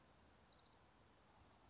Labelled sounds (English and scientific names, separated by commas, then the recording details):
Orange-crowned Warbler (Leiothlypis celata)
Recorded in Sonoma County, California